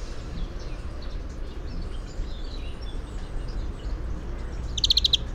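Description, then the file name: European greenfinch: a single fast run of bright, clipped notes near the end, after several seconds of low, steady background noise. "Chloris chloris"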